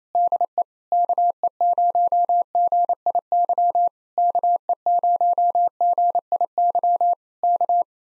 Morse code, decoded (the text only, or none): DE KE0GIY KE0GIY K